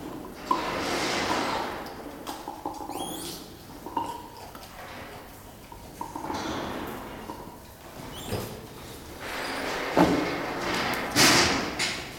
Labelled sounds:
Northern Plains Gray Langur (Semnopithecus entellus)
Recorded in captivity
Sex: male
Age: adult
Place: Zoo Dresden, Sachsen, DE
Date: 1997-02-14 15:30
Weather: heiter bis wolkig, 5 bis 7°C
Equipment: Nagra SN, Kopie Uher 4000 Report Monitor
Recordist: Tembrock, Günter

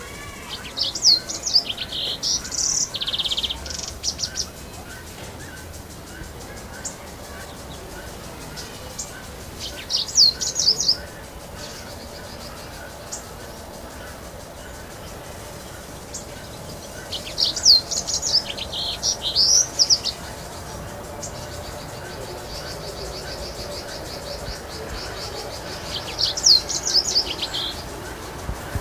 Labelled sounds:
Yellow-fronted Canary (Crithagra mozambica) song
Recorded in captivity
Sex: male
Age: adult
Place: Zoo Berlin, Berlin, DE
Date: 2000-07-17 13:31
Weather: fair, 20°C
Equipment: Nagra SN, Kopie Uher 4000 Report Monitor
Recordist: Tembrock, Günter

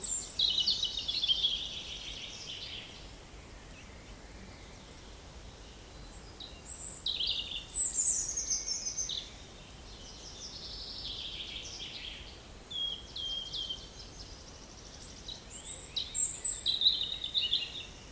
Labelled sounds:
European Robin (Erithacus rubecula)
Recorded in the wild
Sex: male
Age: adult
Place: Mühlenbeck, Brandenburg, DE
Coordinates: 52.625, 13.404
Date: 1992-05-23 11:01
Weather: sonnig, 20-24°C, böiger Ost-Wind
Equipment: Nagra SN, Mikrofon AKG CK 8, Kopie Tesla B 116
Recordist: Tembrock, Günter

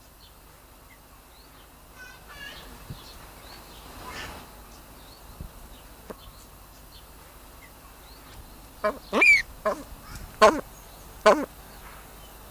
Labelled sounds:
Blue Eared Pheasant (Crossoptilon auritum) call
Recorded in captivity
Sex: pair
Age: adult
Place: Tierpark Berlin, Berlin, DE
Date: 1999-07-31 16:56
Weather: heiter, 26°C
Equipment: Sony WM-D6C, Sennheiser ME 80, Kopie Uher 4000 Report Monitor
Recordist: Tembrock, Günter
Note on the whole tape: Paar: Kurzlaute am Gitter

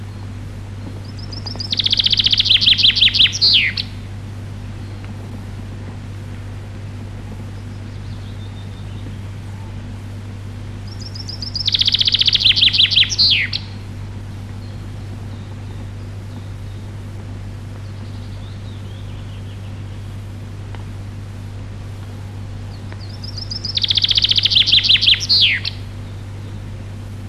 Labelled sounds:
Common Chaffinch (Fringilla coelebs) song
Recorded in the wild
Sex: male
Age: adult
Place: Przytocko, Pomorskie, PL
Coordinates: 54.1211, 16.8428
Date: 1965-07-05 06:00
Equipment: Grundig TK 4, BG 20/6 - 19 cm/s
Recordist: Schubert, Michael

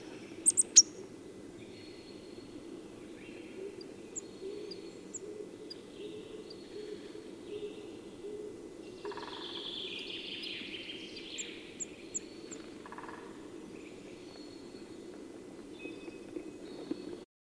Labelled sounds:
Great Tit (Parus major) call
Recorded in the wild
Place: Kuchelmiß, Mecklenburg-Vorpommern, DE
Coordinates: 53.672, 12.332
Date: 1981-03-28 08:05
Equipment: Nagra III BH, Sennheiser MD 21, parabola
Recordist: Schubert, Michael

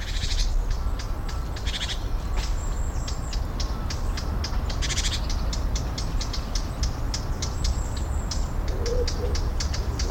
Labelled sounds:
Great Tit (Parus major)
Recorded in the wild
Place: Eutin, Holsteinische Schweiz, Schleswig-Holstein, DE
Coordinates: 54.132, 10.614
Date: 1992-09-12 10:15
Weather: 14-20°C
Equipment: Marantz CP 430, Sennheiser ME 80, Kopie Tesla B 116
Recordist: Tembrock, Günter

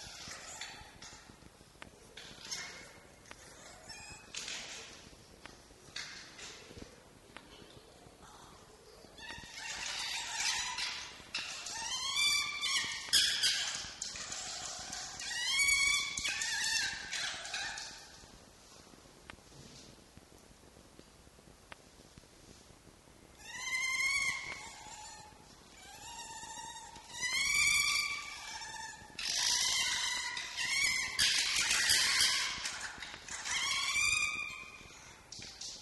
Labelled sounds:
Red Fox (Vulpes vulpes)
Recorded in captivity
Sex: diverse
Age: adult
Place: Zoologisches Institut der HUB, Berlin, DE
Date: 1955-03-07 19:50
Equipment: Elmetra
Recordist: Tembrock, Günter

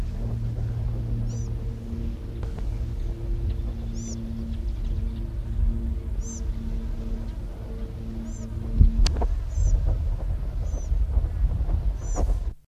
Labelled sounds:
Marico Flycatcher (Bradornis mariquensis) call
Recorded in the wild
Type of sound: call
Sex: group
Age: diverse
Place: Südwestafrika
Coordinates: -23, 17
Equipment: Halbspur, 9,5 cm/s
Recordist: Lütgens, Hans
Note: Eine Familie, Rufe

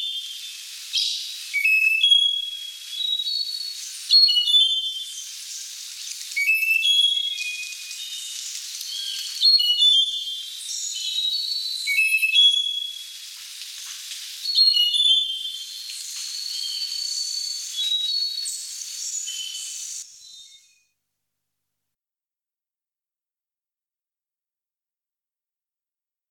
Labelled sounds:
Slaty-backed Nightingale-Thrush (Catharus fuscater) song
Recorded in the wild
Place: Monteverde Urwaldreservat, CR
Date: 1992-04-16
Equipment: Dat-Recorder Casio DA 7, Telinga DAT, Telinga-Parabolspiegel
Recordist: Schwarz, Dieter
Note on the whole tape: Song

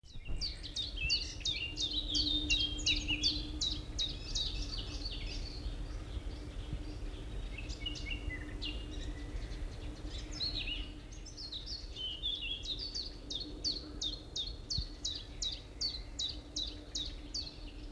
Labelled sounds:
Common Chiffchaff (Phylloscopus collybita) song
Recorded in the wild
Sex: male
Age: adult
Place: Summt, am Buchenberg, Brandenburg, DE
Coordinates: 52.695, 13.3594
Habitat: pine forest
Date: 1975-05-10 12:17
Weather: partly cloudy, 20°C
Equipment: Uher CR 210, Sennheiser MD 421, Verstärker, Kopie Uher 4200
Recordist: Tembrock, Günter

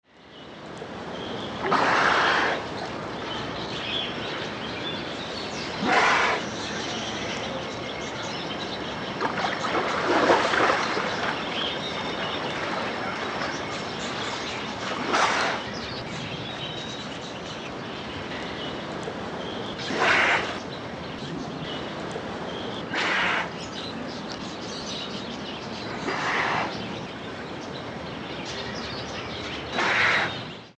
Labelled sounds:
Polar Bear (Ursus maritimus)
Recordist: Tembrock, Günter
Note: Atemschnaufen beim Schwimmen, dazwischen getaucht

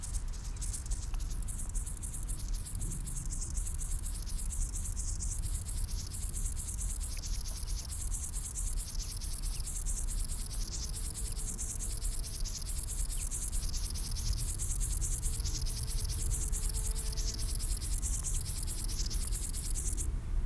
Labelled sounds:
Upland Field Grasshopper (Chorthippus apricarius)
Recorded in the wild
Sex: male
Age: imago
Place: Blankenfelde, Berlin, DE
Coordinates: 52.6, 13.4
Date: 1991-10-06 11:50
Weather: sonnig, Schatten: 25,3 °C, Sonne: 30,4°C
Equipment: Marantz CP 430, Sennheiser ME 80, K 30 AV, Kopie Tesla B 116
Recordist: Tembrock, Günter

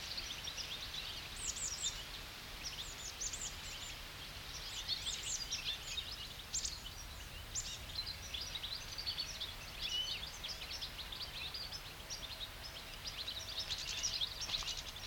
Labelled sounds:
European Goldfinch (Carduelis carduelis)
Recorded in the wild
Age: adult
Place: Treuchtlingen, Naturpark Altmühltal, Bayern, DE
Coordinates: 48.96, 10.91
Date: 1993-09-17 14:23
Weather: 14°C, Sonnig
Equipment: Marantz CP 430, Sennheiser MKH 416 T, Kopie Uher Variocord 263
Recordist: Tembrock, Günter

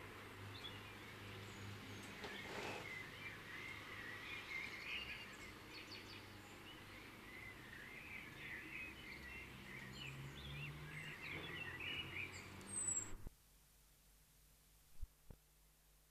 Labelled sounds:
Common Blackbird (Turdus merula)
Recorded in the wild
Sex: male
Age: adult
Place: Kaiserslautern, Rheinland-Pfalz, DE
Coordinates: 49.4247, 7.77889
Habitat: garden
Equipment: Nagra IV, Sennheiser MKH 405, Parabolreflektor
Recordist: Tretzel, Erwin

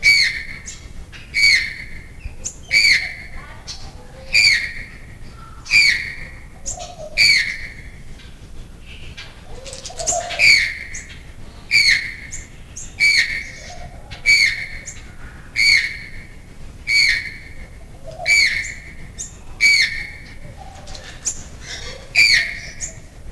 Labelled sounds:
Channel-billed Toucan (Ramphastos vitellinus) call
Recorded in captivity
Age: adult
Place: Zoo Berlin, Berlin, DE
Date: 2002-01-03 10:04
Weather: sonnig, -6°C
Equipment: Marantz CP 130, Sennheiser MKH 416, Kopie Uher 4000 Report Monitor
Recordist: Tembrock, Günter
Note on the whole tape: Rufreihe

